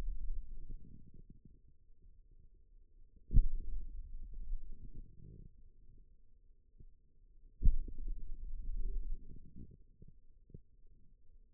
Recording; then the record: forearm muscle sounds (acoustic myography)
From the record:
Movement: pen grasping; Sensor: system 2, bracelet of six BSWA MPA416 microphones around the upper forearm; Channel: 1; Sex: male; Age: 22 years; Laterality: right